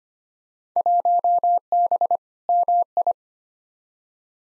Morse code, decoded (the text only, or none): 1B MI